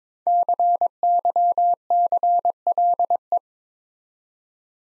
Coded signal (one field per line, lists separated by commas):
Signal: Morse code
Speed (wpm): 23 wpm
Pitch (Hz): 700 Hz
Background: none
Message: CYCLE